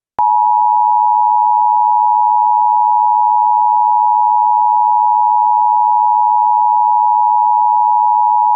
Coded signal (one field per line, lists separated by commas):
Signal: Emergency Alert System (SAME) tones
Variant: 853 and 960 Hz attention tone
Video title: ▌EAS SCENARIO▐ NFL Game Tornado Emergency!